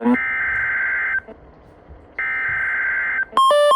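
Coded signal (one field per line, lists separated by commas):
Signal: Emergency Alert System (SAME) tones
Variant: header bursts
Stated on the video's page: NOAA weather radio tornado watch, apparently received on a Midland receiver.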